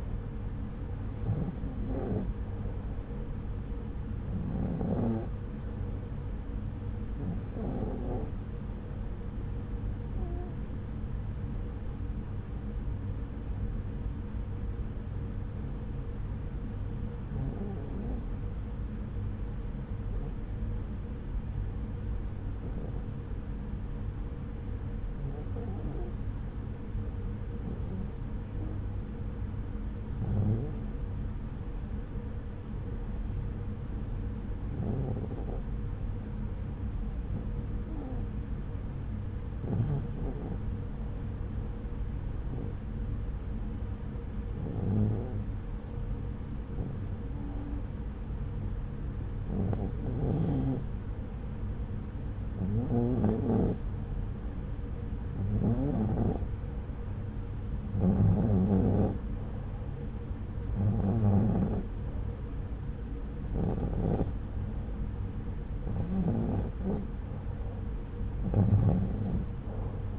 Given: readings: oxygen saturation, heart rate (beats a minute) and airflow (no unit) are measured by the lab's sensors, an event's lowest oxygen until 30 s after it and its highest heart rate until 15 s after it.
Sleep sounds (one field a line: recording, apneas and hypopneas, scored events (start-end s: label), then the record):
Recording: breathing in sleep by a smartphone at the bedside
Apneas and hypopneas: 1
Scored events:
5.00-56.60 s: hypopnea (REM, oxygen 95% highest, then 89% lowest)
From the record:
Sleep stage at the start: REM sleep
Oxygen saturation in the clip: 89 to 95%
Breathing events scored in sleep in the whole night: 303 in 8.1 hours asleep